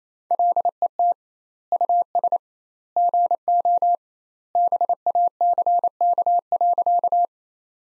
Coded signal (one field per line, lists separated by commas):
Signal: Morse code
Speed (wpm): 28 wpm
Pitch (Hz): 700 Hz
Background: none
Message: LET US GO BACK.